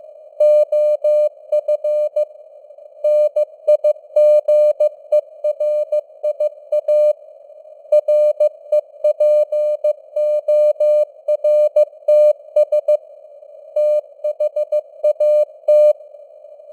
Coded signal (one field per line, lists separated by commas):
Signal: Morse code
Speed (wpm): 15 wpm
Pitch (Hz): 600 Hz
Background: none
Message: OF NIGERIA REPORTS THAT